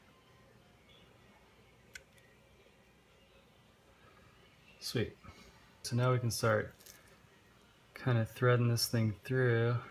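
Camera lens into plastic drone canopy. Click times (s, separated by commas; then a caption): 2.0 s. A camera lens is slid into a plastic canopy on a 3-inch HD drone while the canopy is pinched from top and bottom, then pressed home. It gives one sharp snap at 2.0 s, and the lens is seated. Afterward someone talks.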